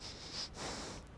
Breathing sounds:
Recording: one breath in and out by a microphone near the nose and mouth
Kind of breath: strong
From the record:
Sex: male

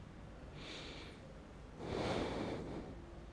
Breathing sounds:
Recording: one breath in and out by a microphone near the nose and mouth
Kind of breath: normal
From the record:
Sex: male

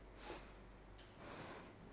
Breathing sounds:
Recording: one breath in and out by a microphone near the nose and mouth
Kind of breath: deep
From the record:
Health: marked as sick, illness not named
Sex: female

